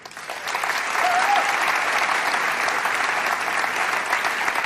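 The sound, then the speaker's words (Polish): An audience at an awards gala in the Teatr Polski applauds the evening's presenters steadily for several seconds, a dense, even wash of many hands clapping at a fairly loud, constant level with no speech over it. “Będą nam towarzyszyć przez cały wieczór, dlatego też prosimy o brawa.”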